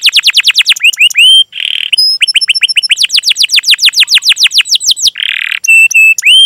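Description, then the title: Canary song: rapid runs of high descending sweeps, short buzzy trills and clear whistled notes alternating at a brisk pace, loud and nearly continuous. Canary lure song (pancingan), long and lively 'gacor' singing with full 'isian' phrase content. "PANCINGAN Kenari GACOR PANJANG. Pancingan Gacor Full Isian"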